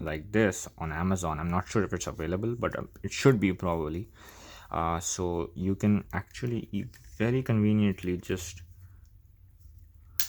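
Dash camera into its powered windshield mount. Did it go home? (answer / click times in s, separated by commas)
yes / 10.2 s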